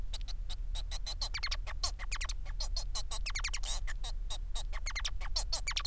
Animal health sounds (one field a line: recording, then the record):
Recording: song of a male Bengalese finch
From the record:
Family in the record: son of father 4